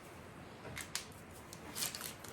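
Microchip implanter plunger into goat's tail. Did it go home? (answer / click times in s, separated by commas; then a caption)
yes / 0.9 s. A large-gauge microchip implanter needle is pushed deep into the fat at the side of a goat's tail, and the plunger is pressed until it clicks at 0.9 s to deliver the chip. Fainter ticks and rustling follow, and the chip is seated.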